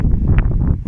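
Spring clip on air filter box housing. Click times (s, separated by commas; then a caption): 0.4 s. A spring clip on a plastic air filter box housing is snapped shut after the throttle body is cleaned and the intake clamp is tightened. A sharp click at 0.4 s stands out over a low, steady rumble of background noise. The clip seats closed.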